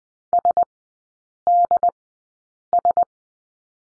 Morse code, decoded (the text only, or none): SDS